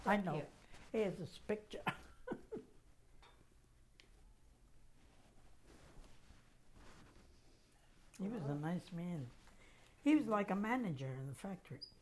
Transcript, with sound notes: I know. Here's his picture. ( she laughs ) He was a nice man. He was like a manager in the factory.